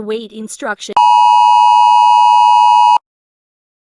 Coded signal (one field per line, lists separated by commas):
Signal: Emergency Alert System (SAME) tones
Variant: 853 and 960 Hz attention tone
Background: speech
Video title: EAS Scenario: 2nd American Civil War